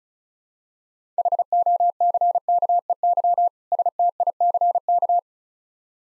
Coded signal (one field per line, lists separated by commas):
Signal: Morse code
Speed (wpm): 36 wpm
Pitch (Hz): 700 Hz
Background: none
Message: HOCKEY STICK